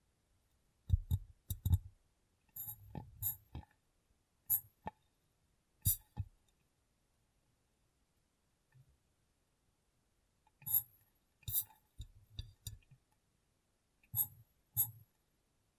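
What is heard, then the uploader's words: Glass being tapped and handled comes in short clusters of sharp clicks and knocks, about 1 to 6 seconds in and again from 10 to 15 seconds. Each burst has a low thud under bright ticks. Between the clusters there is near silence, broken by one soft knock around 8.8 seconds. ASMR Glass Brain Tapping & Cleaning (No Talking).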